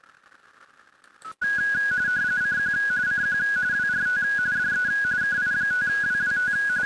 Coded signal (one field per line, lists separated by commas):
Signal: RTTY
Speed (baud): 45.45 baud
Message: CQ CQ WRT DE KI5WWT